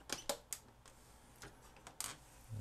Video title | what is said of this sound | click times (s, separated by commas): Denon DCD-F101 "Compact" compact disc "CD" player. Drawer wont open. Very much in need of a service | slide the tray in you should hear a couple clicks | 0.3 s, 0.5 s